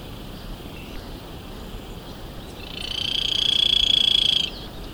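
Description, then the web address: Golden-olive woodpecker rattle: a fast, dry, trilled burst lasting nearly two seconds, rising in volume and ending sharply, over constant background hiss. Recorded in Ecuador. "S America Birds of Ecuador. Golden-olive Woodpecker"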